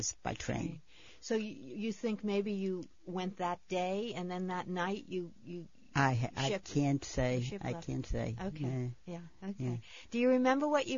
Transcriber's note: none